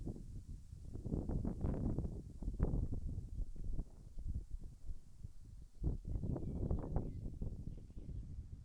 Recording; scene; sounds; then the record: everyday scene through a hearing-aid microphone; wind on the microphone; wind, birds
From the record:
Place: in front of a rural house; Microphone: behind the ear, left, front